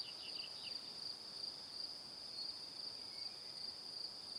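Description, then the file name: Crickets keep up a bright, pulsing high trill; a few short lower chirps sound in the opening half second. Crickets in the evening. "Calm - Evening Crickets"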